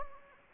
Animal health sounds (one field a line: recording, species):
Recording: mosquito wingbeat signal from an infrared sensor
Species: Anopheles gambiae